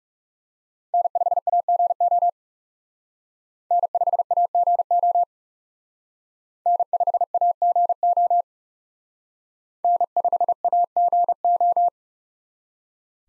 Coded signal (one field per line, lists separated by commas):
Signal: Morse code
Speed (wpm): 36 wpm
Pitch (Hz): 700 Hz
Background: none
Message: N5AGO N5AGO N5AGO N5AGO